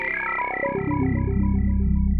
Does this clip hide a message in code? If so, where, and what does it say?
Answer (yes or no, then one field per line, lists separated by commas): no